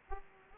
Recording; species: mosquito wingbeat signal from an infrared sensor; Aedes aegypti